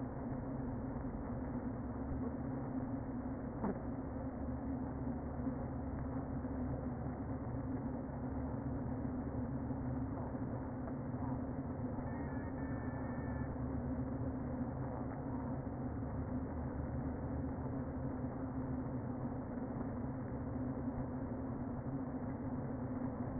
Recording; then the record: honeybee colony, microphone inside the hive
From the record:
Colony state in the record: queen present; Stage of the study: before two queens were removed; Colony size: about 60,000 bees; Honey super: yes